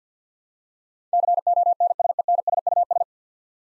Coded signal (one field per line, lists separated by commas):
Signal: Morse code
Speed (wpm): 50 wpm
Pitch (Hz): 700 Hz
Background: none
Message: CONSENSUS